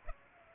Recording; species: mosquito wingbeat signal from an infrared sensor; Aedes aegypti